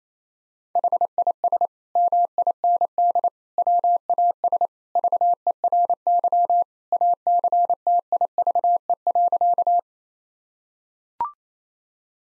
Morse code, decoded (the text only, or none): HIS MIND WAS VERY ACTIVE.